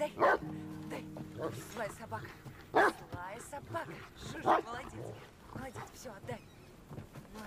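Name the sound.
dog barking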